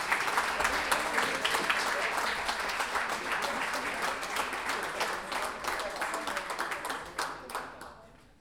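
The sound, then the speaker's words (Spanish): A crowd applauds all the participants at the Sexto Torneo de Pie Forzado (05/11/2017), with dense, crackling clapping at an even loudness that tapers off in the last second. “Un aplauso grande para todos los participantes hoy día.”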